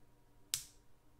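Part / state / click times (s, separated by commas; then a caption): folding knife blade into its locked position in the handle / seated / 0.5 s. A CRKT Provoke morphing karambit folding knife is closed, and its blade snaps back into the handle with one sharp, bright click at 0.5 s over quiet background. The blade locks into its retracted position in the handle.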